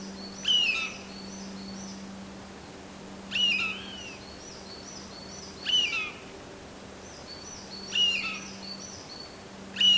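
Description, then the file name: Eurasian jay repeating its harsh whistled rasp five times, every two to three seconds, with thin chirps of another bird and low hum behind. "kakesu"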